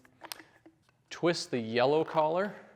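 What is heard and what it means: The yellow plastic locking collar of a sensor probe in a pipe tee fitting is handled, giving a few faint ticks and rubs in the first second, most sharply around 0.3 s. Someone then talks. The collar has not clicked or locked into place yet.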